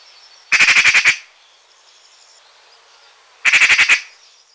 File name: pie Bavarde